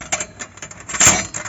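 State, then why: Not seated. A metal plate of a portable grill is being handled and fitted toward its slot in the grill frame, giving short metallic clinks and knocks near 0.0, 0.2, 0.4, 0.6 and 1.4 seconds over a low background rumble. The plate has not yet seated or clicked home by the end of the clip.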